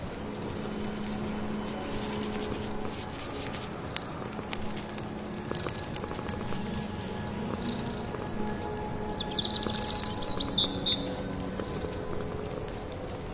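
A pot of soup is stirred over a crackling wood fire, with a steady patter like light rain and low rubbing scrapes that drift in pitch throughout. Sharp clicks from the firewood pop up irregularly. Around ten seconds, bright bird chirps cut through briefly.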